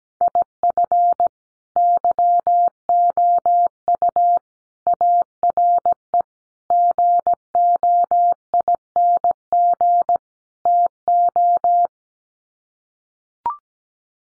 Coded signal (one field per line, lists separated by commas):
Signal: Morse code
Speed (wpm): 17 wpm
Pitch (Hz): 700 Hz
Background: none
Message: IF YOU ARE GOING TO